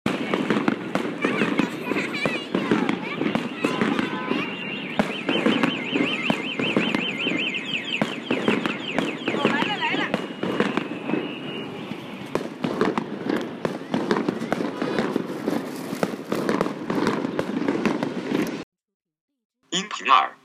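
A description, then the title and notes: New Year fireworks crackle in a dense, nonstop stream of sharp pops and bangs, with a low rumble and voices underneath. From about 5 to 12 seconds a wavering high whistle rides over the crackling. The sound cuts off near 18 seconds, then returns briefly. 新年的烟火/New year fireworks（人造/广州/2016夜）.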